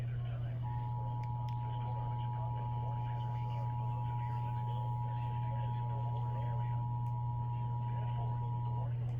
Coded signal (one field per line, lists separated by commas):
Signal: Emergency Alert System (SAME) tones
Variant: 853 and 960 Hz attention tone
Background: speech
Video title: eas tor Eas#301- 302)